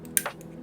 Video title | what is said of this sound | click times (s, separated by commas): Budget Hot swappable switches Wireless Gaming Mouse - Techware Pulse Elite | and the back here click as well okay | 0.2 s